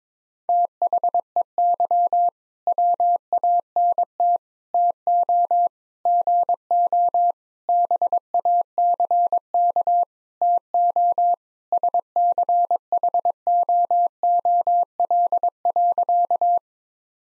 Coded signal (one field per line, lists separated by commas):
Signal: Morse code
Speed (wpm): 22 wpm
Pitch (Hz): 700 Hz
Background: none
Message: THEY WANT TO GO BACK TO SCHOOL.